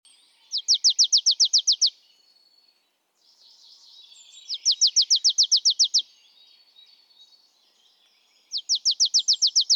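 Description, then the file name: Marsh tit: three bursts of about nine sharp, high, even notes in quick rattling series, spaced roughly four seconds apart, with soft twittering between them. "Poecile palustris"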